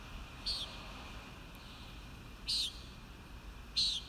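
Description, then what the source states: Common nighthawk uttering three sharp nasal buzzes at uneven intervals, with a continuous low hum underneath. Recorded at Kissimmee on 1 May 2019.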